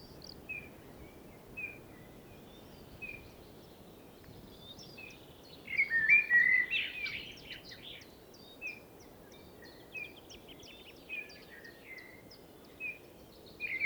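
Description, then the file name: Common blackbird song: one clear mellow warbled phrase midway, surrounded by faint, scattered high chips and twitters against constant background hiss. "Turdus merula"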